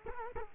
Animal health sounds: mosquito wingbeat signal from an infrared sensor; Culex quinquefasciatus

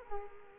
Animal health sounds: mosquito wingbeat signal from an infrared sensor; Culex quinquefasciatus

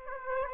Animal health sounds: mosquito wingbeat signal from an infrared sensor; Aedes aegypti

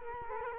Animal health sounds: mosquito wingbeat signal from an infrared sensor; Culex quinquefasciatus

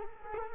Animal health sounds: mosquito wingbeat signal from an infrared sensor; Culex quinquefasciatus

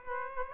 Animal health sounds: mosquito wingbeat signal from an infrared sensor; Aedes aegypti

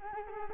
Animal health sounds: mosquito wingbeat signal from an infrared sensor; Culex quinquefasciatus

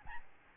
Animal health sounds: mosquito wingbeat signal from an infrared sensor; Aedes albopictus

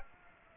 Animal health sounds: mosquito wingbeat signal from an infrared sensor; Aedes aegypti

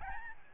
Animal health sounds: mosquito wingbeat signal from an infrared sensor; Aedes albopictus

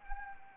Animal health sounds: mosquito wingbeat signal from an infrared sensor; Anopheles arabiensis

